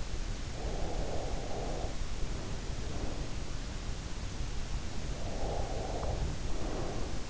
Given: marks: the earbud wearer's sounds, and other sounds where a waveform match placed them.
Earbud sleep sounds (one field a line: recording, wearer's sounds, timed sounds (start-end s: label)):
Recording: sounds in sleep by an in-ear microphone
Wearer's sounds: breath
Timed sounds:
0.62-3.35 s: breath
5.10-7.30 s: breath